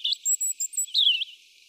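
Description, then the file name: European robin with a short high warbled phrase that slides downward, preceded by thin, sustained, very high whistled notes. "Erithacus rubecula"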